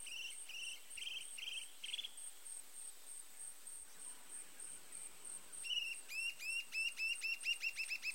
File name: Canto do arapacu de cerrado